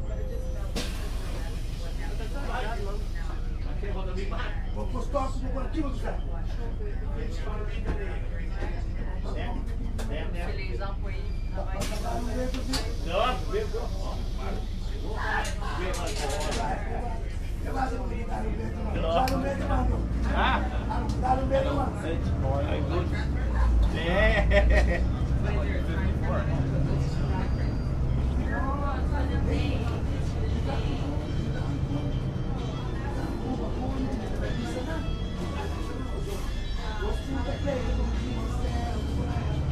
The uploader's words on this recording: Riding The Local Bus In Aruba (Ambient Sounds,Bus Sounds, Road Sounds, People Talking). In this episode we are riding the local bus from Palm Beach in Aruba back to the cruise port. The bus is filled with charismatic characters especially the bus driver.